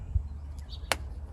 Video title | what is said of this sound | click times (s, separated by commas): Replace 40hp Mercury Mariner outoard spark plugs | And you want to push the boot on as straight as possible until you feel and hear the clicking or attachment of the internal electrical prong inside the boot as it locks onto the plug. | 0.9 s